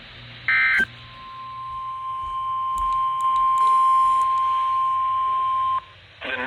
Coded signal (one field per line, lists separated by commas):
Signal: Emergency Alert System (SAME) tones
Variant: 1050 Hz attention tone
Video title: An SVR Filled Weekend || EAS Alerts from May 21-22, 2022 || EAS 169-179